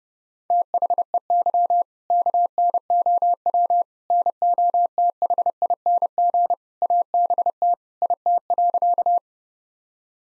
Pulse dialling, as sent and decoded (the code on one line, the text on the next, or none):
none